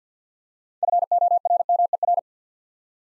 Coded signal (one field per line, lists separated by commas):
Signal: Morse code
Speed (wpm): 48 wpm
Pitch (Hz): 700 Hz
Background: none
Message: FORMER